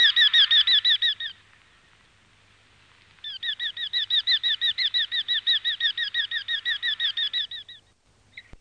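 Eurasian hobby giving a rapid run of harsh, repeated kew notes: a short burst, a pause, then a longer steady series before stopping.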